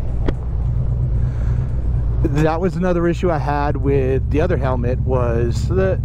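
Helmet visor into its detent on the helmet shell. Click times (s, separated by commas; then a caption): 0.3 s, 0.4 s. While riding a motorcycle, the visor of a Ruroc Atlas 4.0 helmet is opened slightly into its first cracked detent on the helmet shell, with sharp clicks at 0.3 s and 0.4 s over steady road and vehicle noise. Someone then talks. The visor seats firmly and effectively in its detent.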